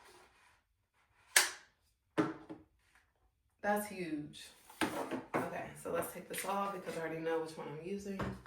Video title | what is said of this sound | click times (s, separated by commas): I'm Super Late, but FINALLY Opening my Pattern Blow Dryer!! - Unboxing and First Impression Review - | Same thing, you should be able to do it until it clicks. | 1.4 s